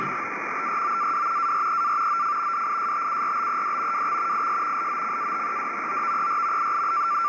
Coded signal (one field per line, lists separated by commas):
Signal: NAVTEX (SITOR-B)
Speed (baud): 100 baud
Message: A BROAD AREA OF DISTURBED WX IS LOCATED OVER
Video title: RTL-SDR for Marine Weather on HF SITOR